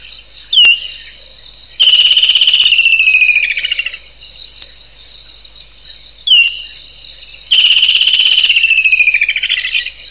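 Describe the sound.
Kingfisher calls, a sharp short note followed by a long harsh trill that slowly falls in pitch, the pair heard twice, over a steady high whine.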